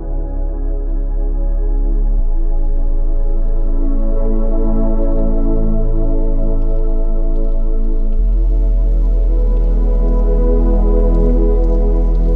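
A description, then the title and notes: Calm music of long, held tones over a deep bass note plays steadily, with the low note shifting around two seconds and again near eight. A light patter of rain ticks faintly on top, growing a little clearer in the last few seconds. Relaxing and Spiritual Music with Clouds Bursting into Gentle Rain. Gentle rainfall as cloud burst over peaceful music.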